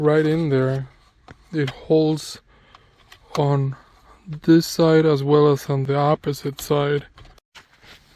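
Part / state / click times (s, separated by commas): plastic side piece onto radio unit / not seated / none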